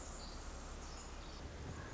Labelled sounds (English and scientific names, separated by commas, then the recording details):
Pacific Wren (Troglodytes pacificus)
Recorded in Sonoma County, California